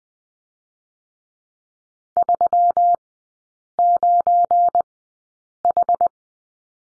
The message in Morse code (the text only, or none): 39H